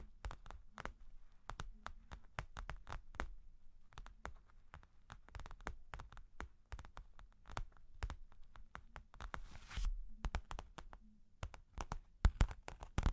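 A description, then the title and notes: Long claws tap in quick, irregular clicks, with a brief scratchy rasp near ten seconds and sharper, louder taps toward the end. Long Claws Tapping and Scratching (No Talking).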